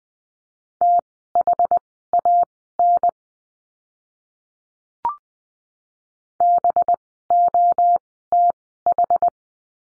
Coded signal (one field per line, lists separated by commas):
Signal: Morse code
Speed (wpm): 20 wpm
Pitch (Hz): 700 Hz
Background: none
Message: THAN BOTH